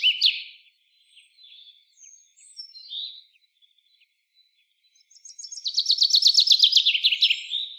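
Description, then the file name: Common chaffinch song: a few soft scattered notes, then a bright, fast trill of descending repeated phrases that ends in a short flourish. "Fringilla coelebs"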